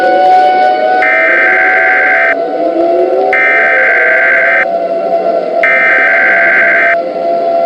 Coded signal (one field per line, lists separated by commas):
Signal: Emergency Alert System (SAME) tones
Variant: header bursts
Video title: EAS Scenario #1 - The Devils Soundwaves